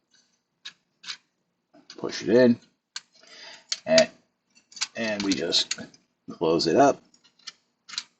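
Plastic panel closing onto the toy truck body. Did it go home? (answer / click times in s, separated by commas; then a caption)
no / none. A plastic panel on a Transformers Legacy Menasor transforming toy robot in truck mode is pushed in and handled as it is brought toward the toy truck body, with short plastic ticks and taps heard while someone talks. Nothing has seated or clicked shut yet.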